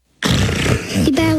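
A single loud, rough, low rumbling snore from an adult man breaks in suddenly and lasts about a second, ending on a brief nasal tone. The snore is loud enough to be heard down the street. It is an acted snore illustrating sleep apnea, a serious but treatable condition in which loud snoring alternates with repeated pauses in breathing, all night, every night.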